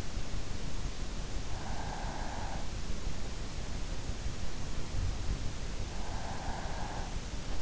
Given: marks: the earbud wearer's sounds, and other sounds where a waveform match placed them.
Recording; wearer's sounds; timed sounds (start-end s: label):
sounds in sleep by an in-ear microphone; breath
1.51-2.82 s: breath
5.79-7.62 s: breath